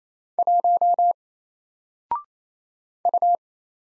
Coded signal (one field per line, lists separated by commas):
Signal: Morse code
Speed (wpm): 27 wpm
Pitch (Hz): 700 Hz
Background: none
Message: 1 U